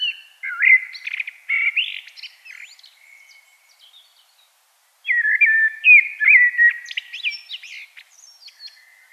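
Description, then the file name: Common blackbird song: two phrases of full-toned, fluty warbling that break into sharp, scratchy high notes, separated by a short pause. "Turdus merula"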